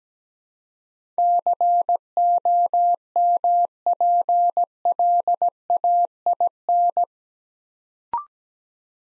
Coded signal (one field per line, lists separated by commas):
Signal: Morse code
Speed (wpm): 17 wpm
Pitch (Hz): 700 Hz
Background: none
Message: COMPLAIN